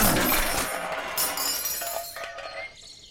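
A glass bottle of valerian drops, thrown into the bushes, smashes: a bright burst of shattering glass followed by scattered tinkling shards and clinks that settle over a few seconds, with no voices.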